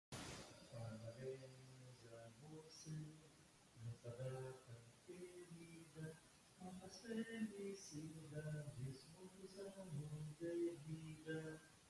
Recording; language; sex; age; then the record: short text; Brazilian Portuguese; male; 60 to 69 years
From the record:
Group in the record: control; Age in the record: 65 years